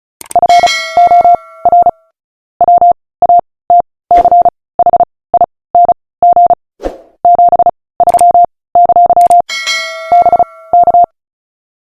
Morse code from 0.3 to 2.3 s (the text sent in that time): FOR